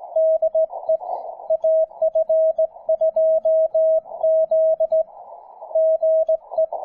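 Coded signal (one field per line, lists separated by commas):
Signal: Morse code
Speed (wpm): 18 wpm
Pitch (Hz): 640 Hz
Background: music, radio noise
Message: DE AF2Z GE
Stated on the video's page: SKCC WES CW event, calling CQ with an Elecraft K3, Bunnell Double Speed sideswiper key and endfed wire antenna; some FT8 QRM and weak signals.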